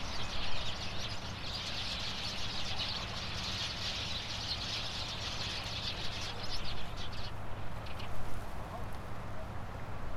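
Shore birds call in a dense chorus, a bright chittering mass that swells from about 1.5 to 7 seconds and then thins out. Beneath it runs a steady low hum, with louder bursts of chatter near the start and around 8 seconds.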